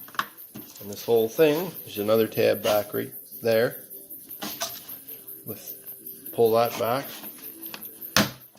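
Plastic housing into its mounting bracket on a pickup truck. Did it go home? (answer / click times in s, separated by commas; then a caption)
yes / 8.2 s. A plastic housing is pressed into its mounting bracket on a 2002 Chevy 1500 pickup truck, undergoing a frame swap because of a rusty frame, after a retaining tab is pulled back. Someone talks, and a sharp snap at 8.2 s marks the housing popping into place, seated.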